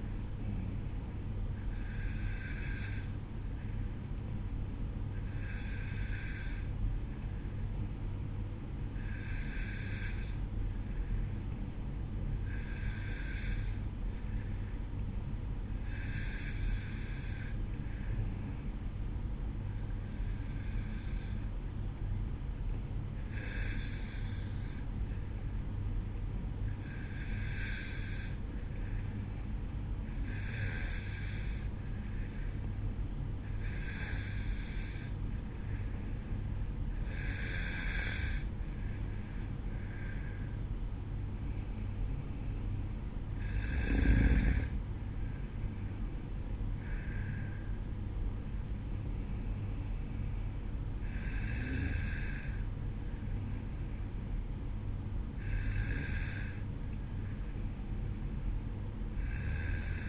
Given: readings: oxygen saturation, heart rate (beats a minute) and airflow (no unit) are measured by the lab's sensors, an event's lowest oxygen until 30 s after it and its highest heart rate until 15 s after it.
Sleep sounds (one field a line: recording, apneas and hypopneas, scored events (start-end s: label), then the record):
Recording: breathing in sleep by a smartphone at the bedside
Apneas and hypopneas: none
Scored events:
40.00-60.09 s: new sleep stage, N1 (lightest sleep)
From the record:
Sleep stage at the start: N2 (light sleep)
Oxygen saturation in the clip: 91 to 93%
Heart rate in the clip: 53 to 59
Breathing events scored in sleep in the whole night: 305 in 9.6 hours asleep